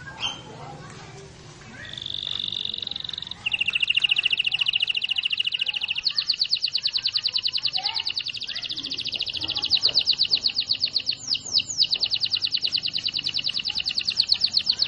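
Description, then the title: Canary song opening with flat buzzy tones, then a long fast rattling roll that continues to the end, briefly broken by a few slurred notes. Long roll song, used for training birds. "Master Burung Jos. Kenari ngerol panjang"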